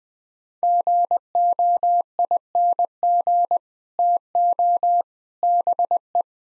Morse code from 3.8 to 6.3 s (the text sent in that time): TO BE